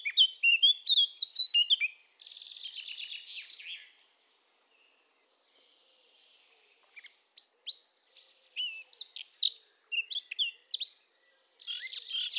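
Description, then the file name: Eurasian blackcap singing in bursts of quick, varied warbled notes, with a softer rattling phrase and a pause of a few seconds before another lively warbling stretch. "Sylvia atricapilla"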